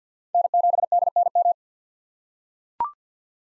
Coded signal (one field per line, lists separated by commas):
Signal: Morse code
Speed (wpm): 45 wpm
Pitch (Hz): 700 Hz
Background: none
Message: N7DNM